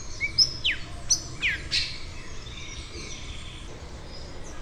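Bird calls: a quick run of thin, downslurred high chirps in the first two seconds, then only faint traces over constant background noise.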